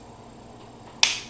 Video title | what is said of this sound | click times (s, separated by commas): ar-15 lower full disassembly and reassemble | can let go and then push it again but pull your hair and back until it clicks now | 1.0 s